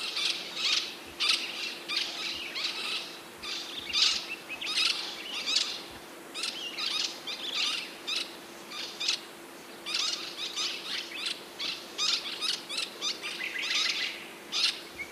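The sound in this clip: Olive-shouldered parrot giving harsh, grating screeches in quick bursts, repeated steadily throughout over a constant background hum.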